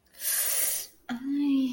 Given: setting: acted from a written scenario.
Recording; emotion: vocal sound without words; ecstasy